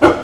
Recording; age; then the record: pig call; growing-finishing pig (85 days or more)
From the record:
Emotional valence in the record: positive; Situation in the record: run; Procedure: transit